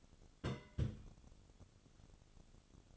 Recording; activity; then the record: daily activity, microphone in the room; place on stove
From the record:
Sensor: 4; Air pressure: 1008.9 hPa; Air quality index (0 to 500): 128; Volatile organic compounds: 1 ppm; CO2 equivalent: 933 ppm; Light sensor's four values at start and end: 10/23/9/9 and 10/23/9/9